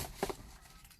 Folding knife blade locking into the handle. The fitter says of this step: It also locks into place.